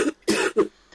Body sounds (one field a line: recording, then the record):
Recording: coughing mixed with background sound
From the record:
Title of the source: 60 coughing still (deep and wet cough)